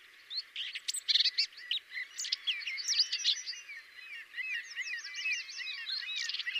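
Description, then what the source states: Common whitethroat with a sustained scratchy warble, harsh notes early and a fast twittering series of slurred notes later. Variant 5.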